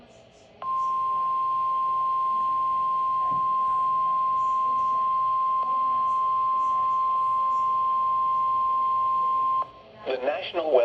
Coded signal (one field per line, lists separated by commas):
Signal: Emergency Alert System (SAME) tones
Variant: 1050 Hz attention tone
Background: speech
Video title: EAS: Flash Flood Warning on KWO35 #eas #emergencyalertsystem #severeweather #flashfloodwarning